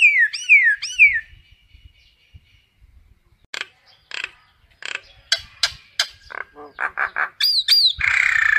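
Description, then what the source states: Common myna calls: looping whistled notes, then a run of harsh chattering and gurgling notes, ending in high squeaky whistles and a rasping burst. Calling the flock.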